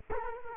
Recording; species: mosquito wingbeat signal from an infrared sensor; Culex quinquefasciatus